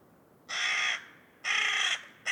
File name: Corvus corone